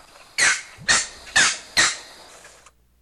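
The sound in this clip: Green heron calls: four loud, harsh, explosive squawks delivered about every half second, each dropping off quickly, then the sequence stops.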